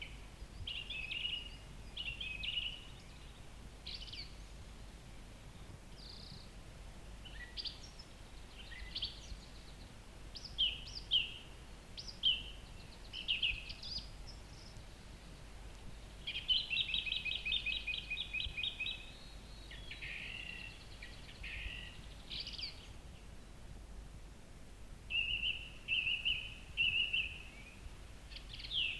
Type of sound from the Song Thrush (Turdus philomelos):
song